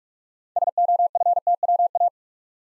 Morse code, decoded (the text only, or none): SOFTWA